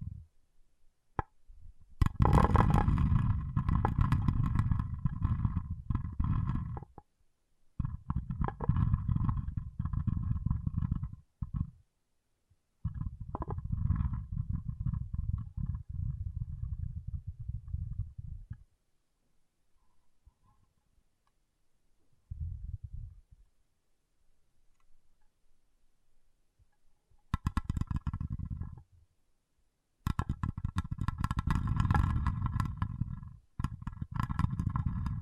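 Water beads are stirred and churned in bursts, a dense, deep rolling rumble with a bright crackling clatter on top. The bursts last several seconds each, separated by short silences, with a quieter, smaller swirl around 22 seconds and the fullest stretches near the end.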